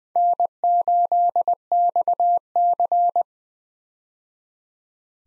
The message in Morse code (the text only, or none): N8XC